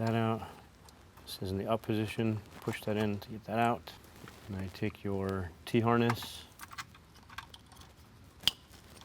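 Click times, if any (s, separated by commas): 8.5 s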